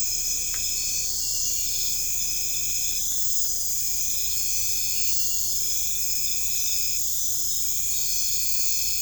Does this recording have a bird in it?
no